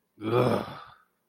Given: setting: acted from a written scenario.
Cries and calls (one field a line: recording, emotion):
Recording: vocal sound without words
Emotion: contempt